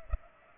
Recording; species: mosquito wingbeat signal from an infrared sensor; Culex pipiens